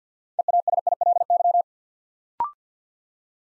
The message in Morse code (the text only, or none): EASILY